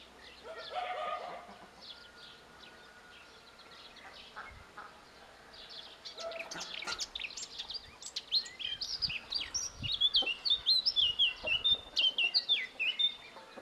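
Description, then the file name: Eurasian blackcap song: a rapid, varied warble of high chirping and whistled notes that grows louder and quicker in the second half. "Sylvia atricapilla"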